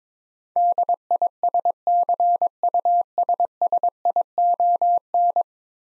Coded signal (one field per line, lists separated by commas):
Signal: Morse code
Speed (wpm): 22 wpm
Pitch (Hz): 700 Hz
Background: none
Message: DISCUSSION